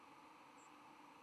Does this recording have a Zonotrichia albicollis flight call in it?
no